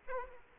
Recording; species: mosquito wingbeat signal from an infrared sensor; Aedes aegypti